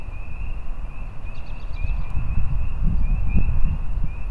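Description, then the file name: Spring peeper chorus of brief upslurred peeps repeated continuously, with a deep low rumble underneath and a few faint pulsed trills. Rural outdoor ambience. "freesound rural outside ambience with peeper frogs"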